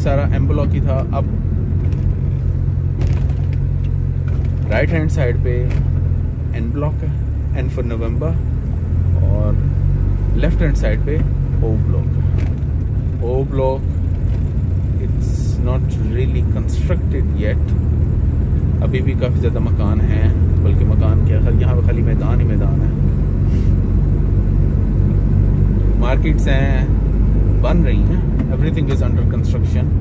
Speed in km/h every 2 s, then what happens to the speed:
17, 6, 4, 9, 12, 11, 13, 15, 17, 19, 20, 21, 22, 22, 21.
0-2 brakes to 6. 4-8 speeds up to 12. 11-21 speeds up to 21. 21-30 steady at about 21.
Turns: none.